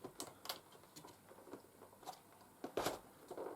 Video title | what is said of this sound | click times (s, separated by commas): Oreck Magnesium RS Upright Vacuum Cleaner - Unboxing/First Impressions | no click there it | none